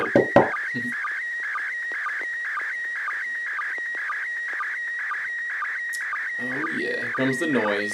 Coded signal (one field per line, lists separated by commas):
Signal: SSTV (slow-scan television)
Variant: PD 120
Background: speech